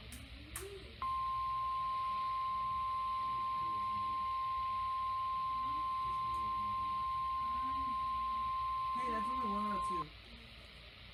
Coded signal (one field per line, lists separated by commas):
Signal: Emergency Alert System (SAME) tones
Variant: 1050 Hz attention tone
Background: speech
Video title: The Severe Weather Curse - EAS Alerts from my vacation [EAS #166-179]